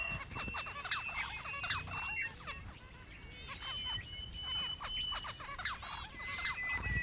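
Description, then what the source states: Dense chatter of zebra finches, quick nasal chirps and buzzy notes tumbling over one another, with long thin whistled tones drifting through the background. More than one zebra finch.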